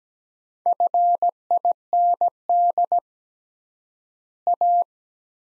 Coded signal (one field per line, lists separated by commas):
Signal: Morse code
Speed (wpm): 17 wpm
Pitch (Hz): 700 Hz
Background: none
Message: FIND A